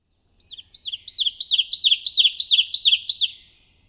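Ovenbird song: a chant of about a dozen paired, downslurred notes that grows louder over the first second and a half, holds steady, then fades out quickly.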